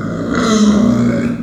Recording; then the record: squeal of a Yucatan mini pig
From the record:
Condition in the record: after surgery on the right vocal fold (resection and tissue-engineered implant); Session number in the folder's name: 9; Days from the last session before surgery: 65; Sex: female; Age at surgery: 19 weeks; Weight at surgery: 25 kg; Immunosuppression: prednisolone